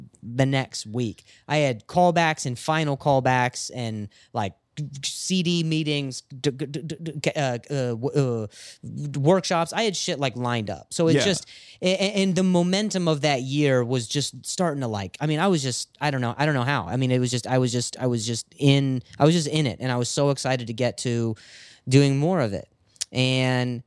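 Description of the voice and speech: Adult man speaking casually, with drawn-out vowels, a stuck repeated syllable and silent blocks: stuttered speech, a stutter that began after an injury affecting the brain pathways for speech.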